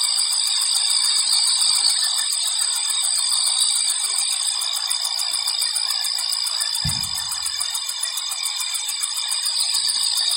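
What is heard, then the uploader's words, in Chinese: Cicadas drone through a countryside night in a dense, unbroken chorus, bright and high with a fast pulsing shimmer on top. The sound stays steady and fills the air evenly, with almost nothing below it except one brief low thump just before seven seconds. 乡村夜晚蝉鸣。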